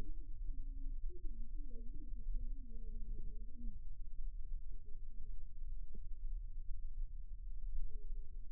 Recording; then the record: forearm muscle sounds (acoustic myography)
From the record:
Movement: rest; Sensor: system 2, bracelet of six BSWA MPA416 microphones around the upper forearm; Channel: 4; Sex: male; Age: 22 years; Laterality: right